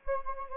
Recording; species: mosquito wingbeat signal from an infrared sensor; Anopheles gambiae